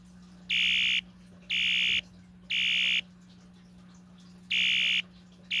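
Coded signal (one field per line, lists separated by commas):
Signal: alarm pattern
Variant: electronic horn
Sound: harsh buzzing horn: 3 half-second blasts, 1.5-second pause, then repeating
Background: low electrical hum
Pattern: temporal three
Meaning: Temporal-three fire alarm signal calling for evacuation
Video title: 1985 Wheelock ES-DL1-WS-24DC Temporal Code 3 Fire Alarm Sound Effect - DUSMC vs System Sensor MDL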